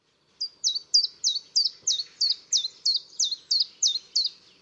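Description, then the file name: Common chiffchaff song, a steady series of about a dozen sharp, high, downward-hooked notes at roughly three per second, clear against a quiet background. "gransangare"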